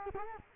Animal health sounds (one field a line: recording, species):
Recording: mosquito wingbeat signal from an infrared sensor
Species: Culex quinquefasciatus